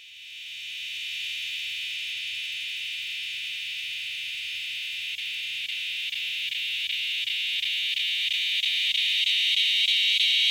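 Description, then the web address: Northern dusk-singing cicada song, a continuous high, hissing buzz that holds steady, then swells louder and brighter toward the end. "The Songs of Insects. Northern Dusk-singing Cicada"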